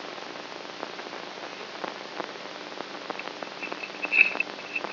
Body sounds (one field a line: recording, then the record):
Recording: brain microelectrode recording played as sound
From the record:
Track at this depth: inside the subthalamic nucleus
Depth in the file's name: 2.503 mm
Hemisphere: right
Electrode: 3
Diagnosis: Parkinson's disease